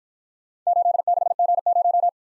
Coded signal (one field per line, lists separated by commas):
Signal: Morse code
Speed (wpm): 53 wpm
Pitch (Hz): 700 Hz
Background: none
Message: 86G0